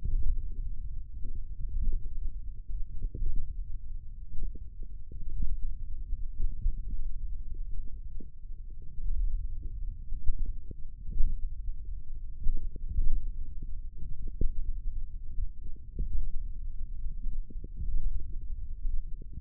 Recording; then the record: forearm muscle sounds (acoustic myography)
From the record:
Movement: finger pinch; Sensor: system 1, eight BSWA MPA416 microphones around the upper forearm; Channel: 5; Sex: male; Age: 28 years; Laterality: right